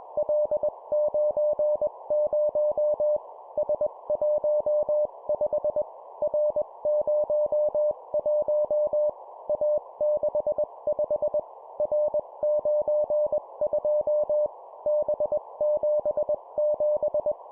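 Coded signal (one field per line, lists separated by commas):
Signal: Morse code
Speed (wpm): 21 wpm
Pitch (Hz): 600 Hz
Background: none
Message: L90 S15 R01 A65 R92 B77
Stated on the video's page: 20 WPM Morse practice of three-character groups: letter, number, number.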